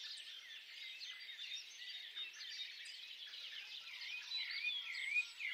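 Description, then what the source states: Birds in a chorus of overlapping chirps and twitters, with a clearer warbling phrase rising out of the mix near the end. Birds singing at dawn.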